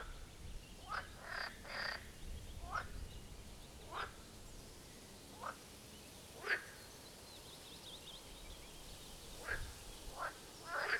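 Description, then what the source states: Marsh frog croaks, brief rattling calls scattered every second or two over steady background noise. Chorus at the Birkensee, Schönbuch, Germany, on one of the first proper hot summer days of 2023.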